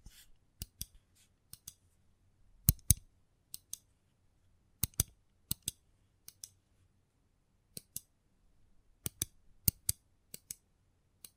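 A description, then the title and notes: Sharp snipping clicks, like scissors closing, sound one at a time or in quick pairs, roughly every half second to a second across eleven seconds. Each is crisp and bright, standing out from near silence with only a faint low rumble underneath. ASMR 100+ Hypnotizing Triggers.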